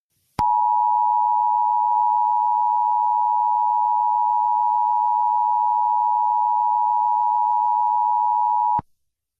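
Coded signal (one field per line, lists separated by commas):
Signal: Emergency Alert System (SAME) tones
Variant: 853 and 960 Hz attention tone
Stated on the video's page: Tones from a fictional animated story about a fake EAS alert.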